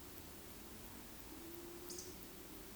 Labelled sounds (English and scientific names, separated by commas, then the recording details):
Eurasian Woodcock (Scolopax rusticola) whistle, Eurasian Woodcock (Scolopax rusticola) croak
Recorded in Baden-Württemberg, Germany, on 13 June 2021 at 20:27 UTC
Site 23718, 552 m above sea level